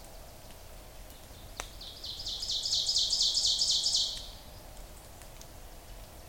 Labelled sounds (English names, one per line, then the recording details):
Ovenbird song
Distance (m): 25 m
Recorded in boreal forest in Alberta, Canada, on 26 May 2016 at 06:58
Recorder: SongMeter 3, array SBT-3-15
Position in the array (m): 41 m, 279 m
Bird 20